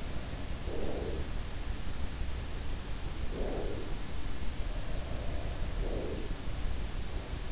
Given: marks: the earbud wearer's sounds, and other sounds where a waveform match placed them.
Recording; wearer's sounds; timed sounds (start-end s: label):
sounds in sleep by an in-ear microphone; breath
0.00-2.22 s: sound from someone else or the room
0.34-2.22 s: breath
3.18-4.33 s: breath
4.33-6.30 s: sound from someone else or the room
5.78-7.11 s: breath